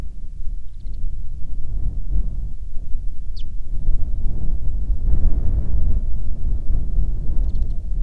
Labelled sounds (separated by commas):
songbird, wind